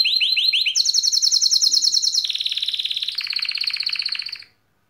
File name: Serinus canaria